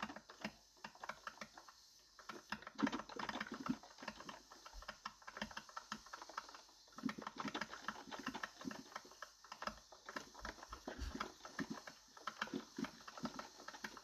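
Dense, crisp crunching and crackling runs through the whole clip as a fast, irregular stream of small clicks and snaps, like a biscuit being eaten. It thins briefly around five and six seconds, then picks up again at a similar pace.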